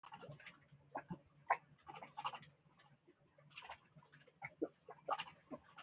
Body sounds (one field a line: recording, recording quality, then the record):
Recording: shallow voluntary cough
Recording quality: excellent, no background noise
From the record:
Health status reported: healthy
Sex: male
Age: 29 years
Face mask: worn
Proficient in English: yes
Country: India